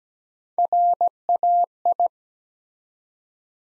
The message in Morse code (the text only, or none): RAI